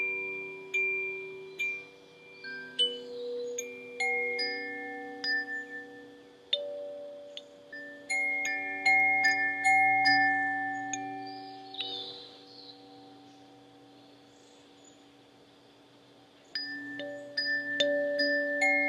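A Koshi chime rings in overlapping, sustained metallic tones with bright clinking strikes, fading to a quiet lull before new strikes near the end.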